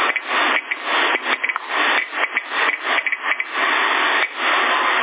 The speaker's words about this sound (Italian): Questo è il suono di un contatore Geiger quando segna radiazioni.